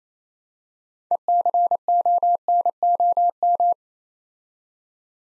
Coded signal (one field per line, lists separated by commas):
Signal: Morse code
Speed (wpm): 27 wpm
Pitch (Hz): 700 Hz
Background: none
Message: ECONOM